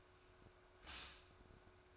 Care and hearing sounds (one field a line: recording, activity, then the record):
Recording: daily activity, microphone in the room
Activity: stop toaster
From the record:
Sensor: 2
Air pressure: 1014.5 hPa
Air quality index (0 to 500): 195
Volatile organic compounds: 19 ppm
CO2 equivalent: 2671 ppm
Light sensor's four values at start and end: 4/10/3/4 and 4/10/3/4